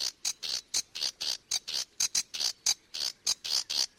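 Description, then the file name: Sedge warbler delivering quick, scratchy chattering notes in a fast, uneven series of about four per second. "Phragmite des joncs"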